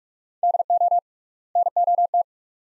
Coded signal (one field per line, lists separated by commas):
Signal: Morse code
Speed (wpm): 43 wpm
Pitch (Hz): 700 Hz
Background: none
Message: DO NOT